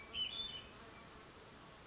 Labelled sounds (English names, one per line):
Hermit Thrush